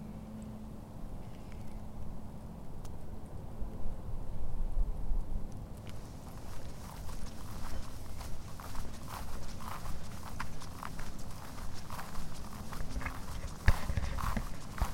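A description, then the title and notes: Footsteps move along a trail in Withlacoochee State Forest, over a steady low rumble and a faint hum. The first six seconds are quieter; after that, frequent crunching and clattering steps fill the clip, with a sharper knock near fourteen seconds. Soundwalking - Withlacoochee State Forest.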